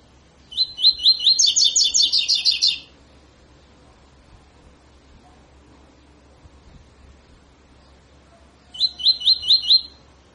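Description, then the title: Double-collared seedeater gives a long phrase of rapid slurred notes rising into a dense trill, followed after a long silence by a short run of a few similar notes. Tutor song used for training birds; song style called tui tui fibra. "COLEIRO TUI TUI FIBRA"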